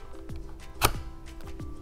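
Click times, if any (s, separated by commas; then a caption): 0.9 s. A wooden ruler door is pressed onto the frame of a wooden pencil box. Under a low hum there are a few faint knocks, then a sharp, loud click at 0.9 s as the door clicks into place, followed by softer taps. The door is seated.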